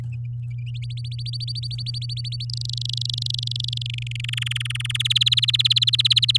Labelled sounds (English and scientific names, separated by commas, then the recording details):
Domestic Canary (Serinus canaria) song
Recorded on 8 May 2018 at 08:44
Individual llb16